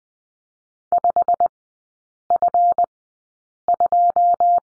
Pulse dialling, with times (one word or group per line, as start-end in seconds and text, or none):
none